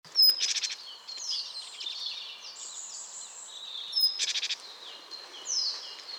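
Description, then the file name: Great tit giving short, harsh churring bursts of rapid ticks, two bursts about four seconds apart, with thin whistles from other birds behind. "Parus major"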